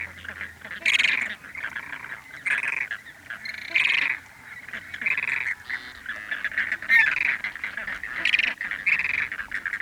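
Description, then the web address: Flamingos calling as a flock, an overlapping chorus of nasal, goose-like honks and gabbling with repeated louder bursts. Flamingos recorded in Chile in light wind gusts. "Charlie Atanasyan - Chile sound library by Faunethic. Flamingo birds in large perspective light wind gust"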